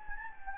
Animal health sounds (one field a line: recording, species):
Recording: mosquito wingbeat signal from an infrared sensor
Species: Anopheles gambiae